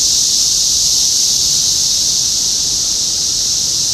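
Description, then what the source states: Cicadas buzzing in one continuous high, even drone with no breaks. Cicadas in Topeka, Kansas, USA, on 14 June 2015.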